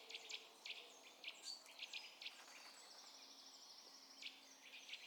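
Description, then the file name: Eurasian blue tit giving short, thin, high notes in scattered bursts, some doubled, with faint high twittering and soft hiss in the background. "Cyanistes caeruleus"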